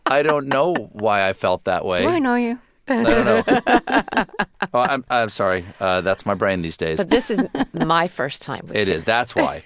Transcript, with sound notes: I don't know why I felt that way.
Do I know you?
I don't know.
(LAUGHTER)
Oh, I'm sorry. That's my brain these days.
But this is my first time.